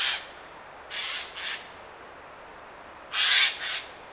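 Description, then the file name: Eurasian jay giving a few hoarse rasping calls, a single one, then a pair, then a louder pair after a pause. "Garrulus glandarius"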